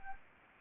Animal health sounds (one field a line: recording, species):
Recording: mosquito wingbeat signal from an infrared sensor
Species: Anopheles arabiensis